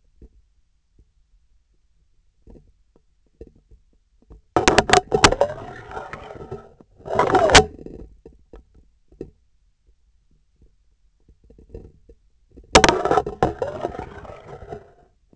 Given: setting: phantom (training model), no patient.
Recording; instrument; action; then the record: laparoscopic instrument, vibration sensor on the handle end; scissors; insertion and removal through the trocar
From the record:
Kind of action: spatial motion